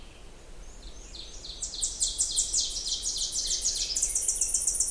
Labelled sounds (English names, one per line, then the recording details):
Ovenbird song
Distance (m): 35 m
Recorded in boreal forest in Alberta, Canada, on 20 June 2016 at 06:41
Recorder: SongMeter 3, array SBT-6-81
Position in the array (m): 4 m, 289 m
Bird 26